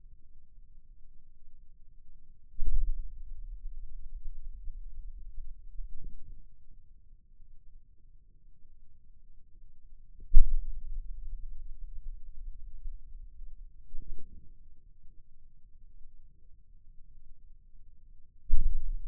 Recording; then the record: forearm muscle sounds (acoustic myography)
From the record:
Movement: radial deviation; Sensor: system 2, bracelet of six BSWA MPA416 microphones around the upper forearm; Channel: 1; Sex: male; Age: 22 years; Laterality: right